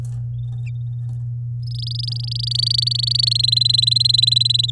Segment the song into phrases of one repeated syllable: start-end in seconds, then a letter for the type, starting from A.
1.62-3.33 A, 3.35-4.70 B